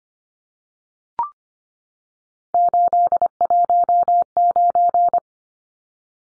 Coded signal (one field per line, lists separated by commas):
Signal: Morse code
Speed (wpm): 25 wpm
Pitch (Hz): 700 Hz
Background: none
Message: 819